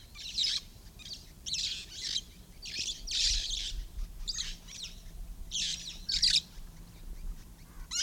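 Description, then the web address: Red-fronted parrot calling repeatedly with short hoarse screeches at an uneven pace. "parrots poicephalus-gulielmi"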